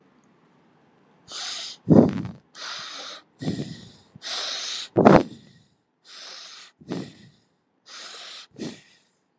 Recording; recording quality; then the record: shallow breathing; excellent, no background noise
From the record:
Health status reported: healthy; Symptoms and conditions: none ticked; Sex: male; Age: 29 years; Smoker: not ticked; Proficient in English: yes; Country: India